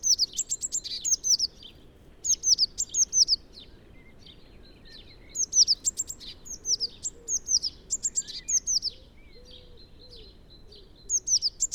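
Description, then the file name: Eurasian blue tit delivering bright, high trills in repeated bursts, with faint softer calls between phrases and a low background hum. "Cyanistes caeruleus"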